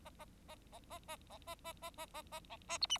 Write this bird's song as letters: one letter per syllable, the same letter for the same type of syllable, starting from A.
A A A A A A A A A A A A A B A C D